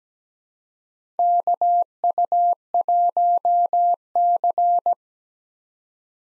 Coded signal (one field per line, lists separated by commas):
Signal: Morse code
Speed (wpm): 17 wpm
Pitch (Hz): 700 Hz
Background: none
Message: KU1C